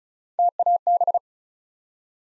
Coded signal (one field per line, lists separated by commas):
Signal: Morse code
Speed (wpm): 36 wpm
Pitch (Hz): 700 Hz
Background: none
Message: TAB